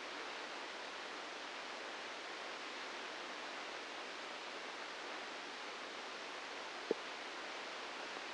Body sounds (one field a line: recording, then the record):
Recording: brain microelectrode recording played as sound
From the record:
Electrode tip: outside the subthalamic nucleus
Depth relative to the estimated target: 1 mm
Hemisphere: right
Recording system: NeuroSet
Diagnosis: Parkinson's disease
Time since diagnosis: 9 years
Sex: female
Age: 51 years